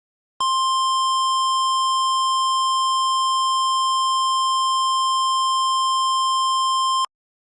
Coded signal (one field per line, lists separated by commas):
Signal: Emergency Alert System (SAME) tones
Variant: 1050 Hz attention tone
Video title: (Eas scenario) red or green